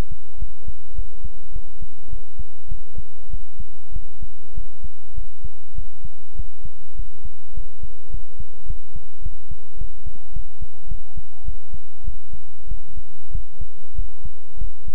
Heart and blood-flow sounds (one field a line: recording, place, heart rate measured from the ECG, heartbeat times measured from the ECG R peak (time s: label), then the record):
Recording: heart sounds by stethoscope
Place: between the tricuspid and mitral areas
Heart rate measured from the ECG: 101 bpm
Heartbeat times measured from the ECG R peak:
0.37 s: heartbeat
0.94 s: heartbeat
1.51 s: heartbeat
2.08 s: heartbeat
2.67 s: heartbeat
3.29 s: heartbeat
3.91 s: heartbeat
4.53 s: heartbeat
5.13 s: heartbeat
5.74 s: heartbeat
6.34 s: heartbeat
6.94 s: heartbeat
7.53 s: heartbeat
8.09 s: heartbeat
8.65 s: heartbeat
9.21 s: heartbeat
9.76 s: heartbeat
10.32 s: heartbeat
10.87 s: heartbeat
11.44 s: heartbeat
12.03 s: heartbeat
12.67 s: heartbeat
13.30 s: heartbeat
13.94 s: heartbeat
14.57 s: heartbeat
From the record:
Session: pedaling a stationary bicycle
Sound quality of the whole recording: good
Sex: male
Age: 24 years